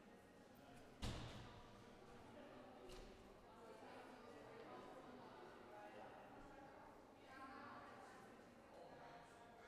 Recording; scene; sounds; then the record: everyday scene through a hearing-aid microphone; reverberant space; background noise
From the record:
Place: railway station hall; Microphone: behind the ear, left, front